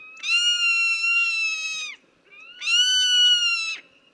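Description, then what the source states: Zone-tailed hawk giving two long, drawn-out screaming calls, each steady and slightly falling at the end, separated by a short pause. Zone-tailed hawk of the American Southwest; soars among groups of turkey vultures, which it resembles.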